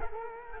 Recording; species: mosquito wingbeat signal from an infrared sensor; Culex quinquefasciatus